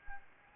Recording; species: mosquito wingbeat signal from an infrared sensor; Anopheles arabiensis